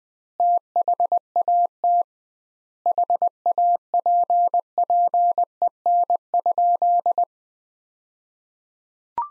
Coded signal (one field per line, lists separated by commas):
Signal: Morse code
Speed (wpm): 20 wpm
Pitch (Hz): 700 Hz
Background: none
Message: THAT HAPPEN?